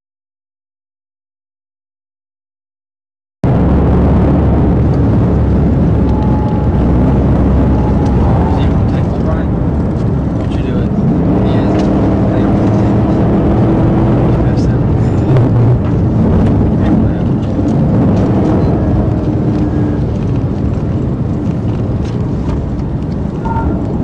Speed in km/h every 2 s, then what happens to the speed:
180, 184, 175, 169, 135, 147, 153, 147, 143, 140, 129, 118.
0-8 brakes to 135. 8-13 speeds up to 153. 13-24 brakes to 118.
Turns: none.